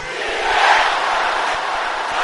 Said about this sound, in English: Can I hear you shouting this? Like you have shouted.